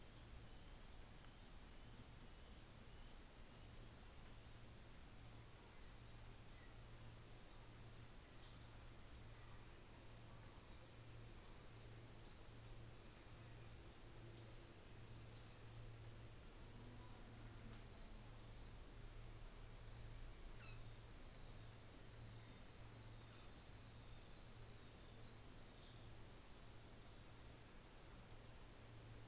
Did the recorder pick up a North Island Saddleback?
no